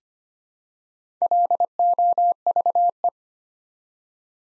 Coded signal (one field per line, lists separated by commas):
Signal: Morse code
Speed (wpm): 25 wpm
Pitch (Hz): 700 Hz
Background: none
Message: LOVE